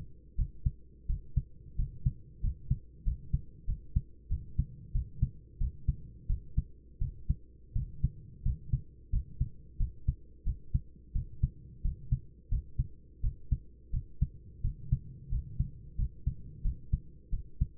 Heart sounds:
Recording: heart sounds by stethoscope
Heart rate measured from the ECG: 89 bpm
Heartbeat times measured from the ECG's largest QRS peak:
0.36 s: heartbeat
1.07 s: heartbeat
1.77 s: heartbeat
2.42 s: heartbeat
3.04 s: heartbeat
3.66 s: heartbeat
4.29 s: heartbeat
4.93 s: heartbeat
5.59 s: heartbeat
6.28 s: heartbeat
7.00 s: heartbeat
7.74 s: heartbeat
8.44 s: heartbeat
9.11 s: heartbeat
9.78 s: heartbeat
10.45 s: heartbeat
11.13 s: heartbeat
11.83 s: heartbeat
12.50 s: heartbeat
13.22 s: heartbeat
13.92 s: heartbeat
14.62 s: heartbeat
15.30 s: heartbeat
15.97 s: heartbeat
16.63 s: heartbeat
17.31 s: heartbeat
From the record:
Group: healthy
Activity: cold pressor test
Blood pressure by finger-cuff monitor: 134/69 mmHg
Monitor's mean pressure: 87 mmHg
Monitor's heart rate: 89 bpm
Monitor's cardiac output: 9.4 L/min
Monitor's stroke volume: 107 mL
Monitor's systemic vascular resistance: 680 dyn s/cm5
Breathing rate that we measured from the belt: 18 breaths a minute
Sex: male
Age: 24 years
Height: 184 cm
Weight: 89 kg

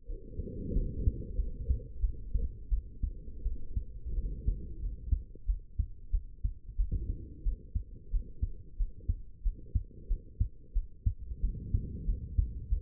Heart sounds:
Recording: heart sounds by stethoscope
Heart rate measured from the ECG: 90 bpm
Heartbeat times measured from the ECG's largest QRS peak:
0.07 s: heartbeat
0.73 s: heartbeat
1.36 s: heartbeat
2.01 s: heartbeat
2.69 s: heartbeat
3.43 s: heartbeat
4.15 s: heartbeat
4.81 s: heartbeat
5.46 s: heartbeat
6.11 s: heartbeat
6.77 s: heartbeat
7.44 s: heartbeat
8.12 s: heartbeat
8.78 s: heartbeat
9.43 s: heartbeat
10.08 s: heartbeat
10.74 s: heartbeat
11.41 s: heartbeat
12.05 s: heartbeat
12.69 s: heartbeat
From the record:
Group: healthy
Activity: cold pressor test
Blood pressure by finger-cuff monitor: 109/69 mmHg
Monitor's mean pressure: 86 mmHg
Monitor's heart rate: 91 bpm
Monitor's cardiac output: 7.5 L/min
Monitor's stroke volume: 83 mL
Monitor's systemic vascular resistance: 830 dyn s/cm5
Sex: female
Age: 22 years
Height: 161 cm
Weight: 65.5 kg

